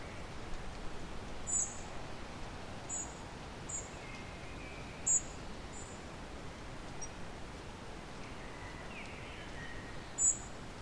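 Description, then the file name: European robin calling with short, sharp, high-pitched notes at irregular intervals over soft background hiss and faint lower bird twitters. "Erithacus rubecula"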